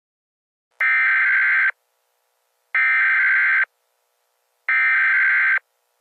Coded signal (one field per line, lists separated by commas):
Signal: Emergency Alert System (SAME) tones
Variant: header bursts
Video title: EAS Scenario: Illinois Weather Disaster